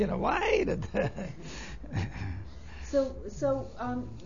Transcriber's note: laughs